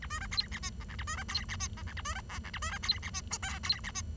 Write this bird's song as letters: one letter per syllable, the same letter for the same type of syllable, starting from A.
A B C D E F G H A B C D E F G H A B C I H A B C D E F J K D E F